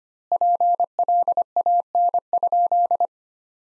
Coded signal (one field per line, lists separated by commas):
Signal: Morse code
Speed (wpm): 25 wpm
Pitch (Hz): 700 Hz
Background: none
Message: PLAN?